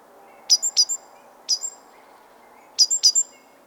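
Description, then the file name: Great tit calls: three short clusters of high, sharp chirps over a low steady hum. "Parus major"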